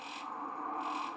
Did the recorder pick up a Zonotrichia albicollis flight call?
no